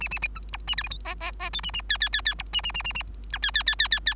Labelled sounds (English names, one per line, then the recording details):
Bengalese Finch song
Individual Bird3